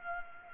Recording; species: mosquito wingbeat signal from an infrared sensor; Culex pipiens